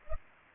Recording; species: mosquito wingbeat signal from an infrared sensor; Culex pipiens